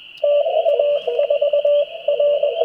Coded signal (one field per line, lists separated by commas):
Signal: Morse code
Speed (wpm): 20 wpm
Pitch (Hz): 580 Hz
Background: radio noise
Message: TA4R